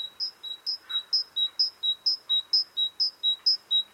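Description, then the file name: Great tit giving a steady run of ringing two-note phrases, around eight repetitions at a brisk even pace. "Parus major"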